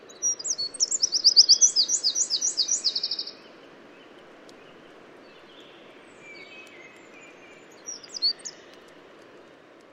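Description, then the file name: Eurasian wren song: a loud, high rattling trill of rapid repeated notes for about three seconds, then quiet with a few faint high notes and a brief twittering burst near the end. "Troglodytes troglodytes"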